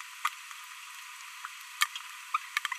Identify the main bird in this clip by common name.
Green-rumped Parrotlet